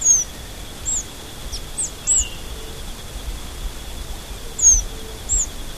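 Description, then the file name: Burnished-buff tanager song: very high, thin, short down-slurred notes at irregular intervals over a steady hiss and a faint continuous tone. "Tangaracayanajmb"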